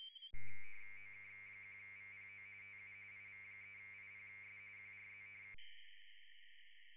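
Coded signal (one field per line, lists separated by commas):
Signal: RTTY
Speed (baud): 45.45 baud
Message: OK1VPO TU IV3IPS QRZ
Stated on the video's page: RTTY in the A.R.I. International DX Contest, single operator two VFO, low power.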